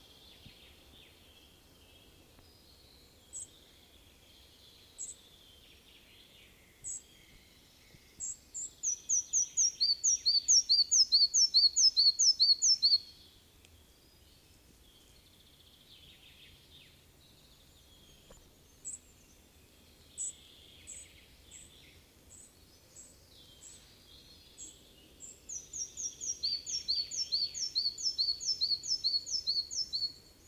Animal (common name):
Red-breasted Flycatcher